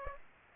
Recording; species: mosquito wingbeat signal from an infrared sensor; Aedes aegypti